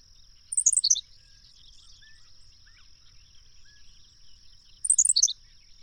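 Bird song: a high, quick cascading phrase near the start, repeated after roughly four seconds, over a steady high hiss and faint low rumble.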